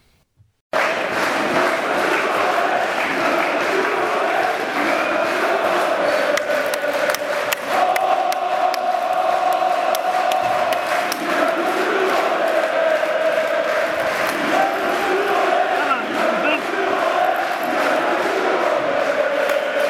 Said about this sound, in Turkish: Şimdi bir dinleyelim biber gazı oleyi, öyle devam edelim.